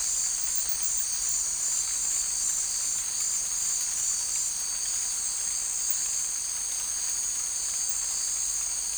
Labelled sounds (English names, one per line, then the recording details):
none
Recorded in forest near Pivijay, Magdalena, Colombia, on 2 June 2023 at 19:00
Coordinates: 10.467, -74.380
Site Z5-G034